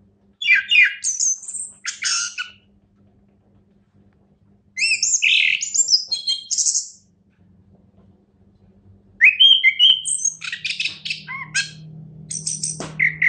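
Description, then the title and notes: Orange-headed thrush giving three separate bursts of chattering, whistled song divided by silent gaps of about two seconds, with a soft low hum late. Orange-headed thrush singing, described as a national champion songbird. "Anis Kembang Juara Nasional. kicau anis kembang"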